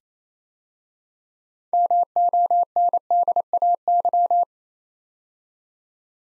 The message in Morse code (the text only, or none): MONDAY